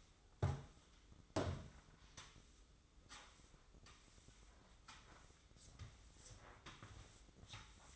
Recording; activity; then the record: daily activity, microphone in the room; sweep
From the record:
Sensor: 3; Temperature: 24.5 degrees Celsius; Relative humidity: 30.4%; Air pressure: 995.9 hPa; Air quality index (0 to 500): 94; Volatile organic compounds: 12 ppm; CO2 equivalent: 2355 ppm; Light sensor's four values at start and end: 28/85/36/31 and 26/81/33/29